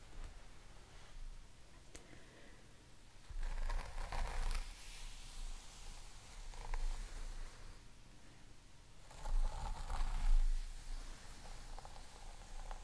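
A crystal comb is drawn through hair in slow strokes, each a soft scratchy rustle. Two longer, louder passes stand out, around 3 to 5 seconds and again near 9 to 11 seconds, with quieter brushing between them and a few small ticks.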